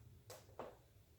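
A rolling pin is rolled over a diamond painting canvas, pressing loose resin drills flat. Two short clicks sound at 0.3 s and 0.6 s as drills snap into place and seat in the canvas, over a low background hum.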